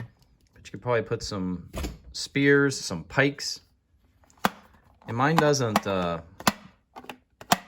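Someone talks while working the plastic door in the wall of a Super7 Snake Mountain toy playset (Masters of the Universe Classics), trying to make it lock shut, with sharp plastic knocks and taps around 4.5 s, 6.5 s and 7.1 to 7.5 s. The door fails to lock into place, and nothing has seated or clicked yet.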